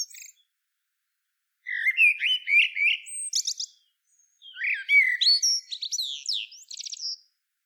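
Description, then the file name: Common blackbird song: mellow whistled warbles rising and falling, each phrase ending in thin, squeaky twittering notes; two phrases with a short gap. "Turdus merula"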